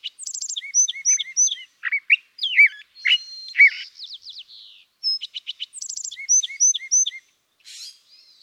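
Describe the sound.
California thrasher delivering a varied song of repeated motifs: hooked whistles, slurred notes and quick high trills, each phrase given a few times before changing.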